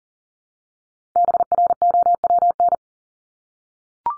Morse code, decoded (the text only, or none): BROWN